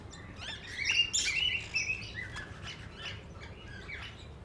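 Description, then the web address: Parrots calling with a loud burst of whistles and screeches early on, then scattered chirps fading out. Parrots at Nyíregyháza Zoo, recorded in 2010 on the green pyramid. "allathangok nyiregyhazizoo 2010 standardt madarak papagajokazoldpiramistetejen"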